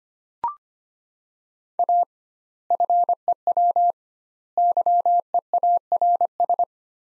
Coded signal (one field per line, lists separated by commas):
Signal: Morse code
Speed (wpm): 25 wpm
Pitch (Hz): 700 Hz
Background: none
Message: A FEW YEARS